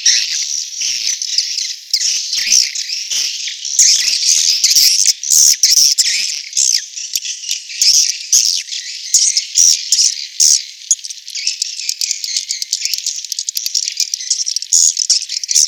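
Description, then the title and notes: Swiftlet twittering, continuous high-pitched buzzy chirps in rapid overlapping bursts. Asia; recording used in swiftlet farming to attract birds. "Swiflet Bird Sound. Farming Swiflet Bird asia sound"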